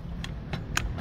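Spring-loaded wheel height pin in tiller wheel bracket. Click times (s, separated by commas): 0.8 s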